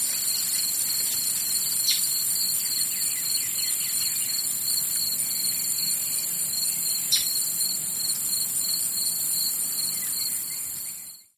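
Cricket call, a run of high, rapid pulsed chirps repeating throughout, set against a continuous shrill hiss, with a couple of sharp ticks.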